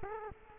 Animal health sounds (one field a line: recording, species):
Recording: mosquito wingbeat signal from an infrared sensor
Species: Culex quinquefasciatus